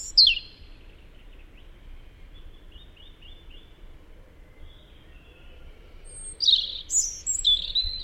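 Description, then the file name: European robin song: one sharp, high, descending phrase at the start, a quiet stretch, then a cluster of high, thin warbled notes near the end. "Erithacus rubecula"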